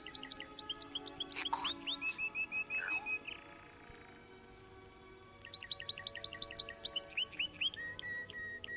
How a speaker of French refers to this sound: Écoute le chant des oiseaux.